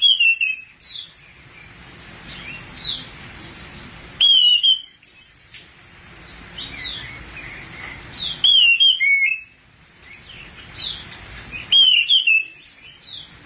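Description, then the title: Thrush singing varied phrases of squeaky whistles and scratchy notes, a new phrase about every four seconds. "burung anis x"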